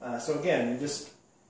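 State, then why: Not seated. The wooden apron of a hidden compartment in a wooden coffee table frame is handled as it is flipped back toward closed, while someone talks. Nothing has latched or snapped into the frame yet. The voice fades out after about 1.2 s, leaving only quiet background.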